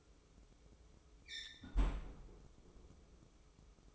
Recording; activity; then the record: daily activity, microphone in the room; close fridge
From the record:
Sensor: 1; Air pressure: 995.3 hPa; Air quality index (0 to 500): 25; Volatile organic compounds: 1 ppm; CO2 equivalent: 508 ppm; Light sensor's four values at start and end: 19/62/23/25 and 19/62/23/25